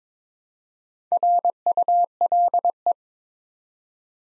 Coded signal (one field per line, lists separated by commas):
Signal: Morse code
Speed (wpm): 23 wpm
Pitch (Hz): 700 Hz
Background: none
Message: RULE